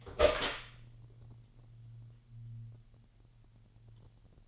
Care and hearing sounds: daily activity, microphone in the room; open door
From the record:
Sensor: 4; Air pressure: 999.2 hPa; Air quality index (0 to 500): 115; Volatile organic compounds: 2 ppm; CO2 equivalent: 1130 ppm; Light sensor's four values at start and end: 13/31/12/14 and 13/34/13/15

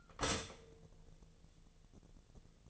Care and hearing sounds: daily activity, microphone in the room; stop toaster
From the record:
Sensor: 4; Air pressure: 1001.0 hPa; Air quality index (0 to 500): 151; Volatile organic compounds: 2 ppm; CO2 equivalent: 1104 ppm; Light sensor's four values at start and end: 18/43/18/20 and 19/43/18/20

